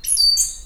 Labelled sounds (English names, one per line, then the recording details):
Stitchbird song
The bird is a male
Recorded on Tiritiri Matangi Island, New Zealand, in 2005
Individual 16, of nest box 24